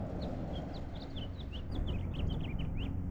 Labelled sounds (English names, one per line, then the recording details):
House Finch song
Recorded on Long Island, New York